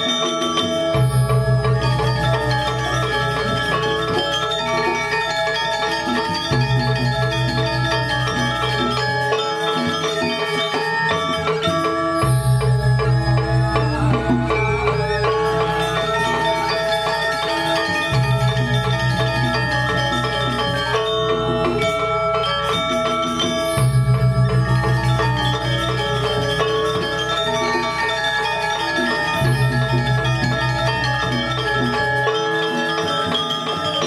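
Music at the Puri Saren Agung palace in Ubud: a dense ensemble of ringing metallic percussion plays continuous, busy bright patterns. Deep low tones enter in blocks of a few seconds, dropping out briefly near 10, 22 and 33 seconds, giving a cyclic structure.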